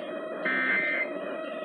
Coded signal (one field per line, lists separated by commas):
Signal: Emergency Alert System (SAME) tones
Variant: end-of-message bursts